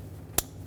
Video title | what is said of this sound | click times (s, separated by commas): How to Replace Spark Plugs 2016-2022 Mercedes-Benz GLC300 2.0L L4 | sure it locks in | 0.4 s